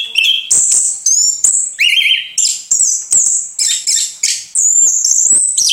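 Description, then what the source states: Orange-headed thrush pouring out a lively medley of piercing whistles, scratchy notes and quick trills, short varied phrases following in rapid succession. Singing vigorously and continuously (gacor), local name anis kembang.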